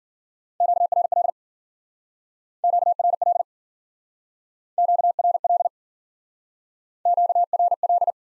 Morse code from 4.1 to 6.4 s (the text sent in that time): QRL